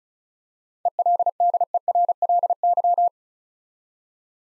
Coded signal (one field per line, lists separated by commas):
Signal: Morse code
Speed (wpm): 36 wpm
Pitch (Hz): 700 Hz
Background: none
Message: ELDERLY